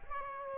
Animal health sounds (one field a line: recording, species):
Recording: mosquito wingbeat signal from an infrared sensor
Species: Aedes aegypti